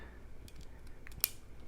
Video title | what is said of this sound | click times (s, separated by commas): How to install the HBindustries reduce weight safety springs | And there you go. You hear that click. You could see the little silver part in the hole. | 1.2 s